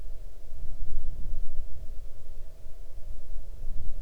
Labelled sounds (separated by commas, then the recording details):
shorebird
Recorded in the Arctic National Wildlife Refuge, Alaska, on 8 June 2019 at 00:01
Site 40